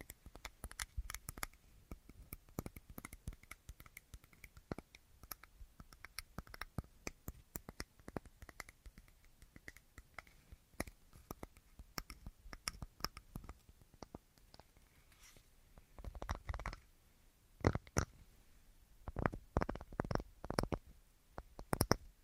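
An assortment of quick, sharp taps scattered irregularly throughout, sparse early, then coming in denser, louder clusters after about sixteen seconds.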